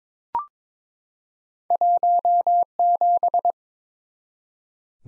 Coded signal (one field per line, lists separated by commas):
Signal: Morse code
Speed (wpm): 22 wpm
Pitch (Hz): 700 Hz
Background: none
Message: 17